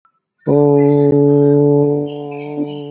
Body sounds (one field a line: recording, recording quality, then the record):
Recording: sustained vowel as in boot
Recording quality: excellent, no background noise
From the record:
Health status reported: COVID-19 positive, mild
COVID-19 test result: positive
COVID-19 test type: RT-PCR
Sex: male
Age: 56 years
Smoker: no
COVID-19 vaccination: both doses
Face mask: not worn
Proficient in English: no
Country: India